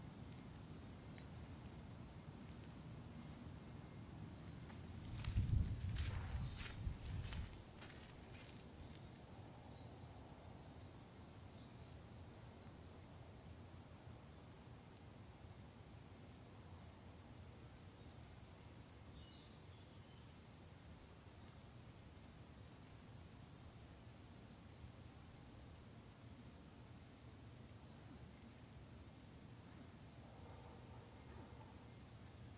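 Walking on a summer mountain: a steady low rush of wind or air fills the whole stretch. Around five to eight seconds a burst of sharp crunching and thumps stands out, likely footsteps or brushing through growth. Faint thin calls, perhaps insects or birds, drift in occasionally.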